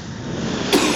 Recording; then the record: coughing mixed with background sound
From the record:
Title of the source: 64 coughing, allergies, singing lungs